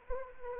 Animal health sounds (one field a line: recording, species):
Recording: mosquito wingbeat signal from an infrared sensor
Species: Anopheles arabiensis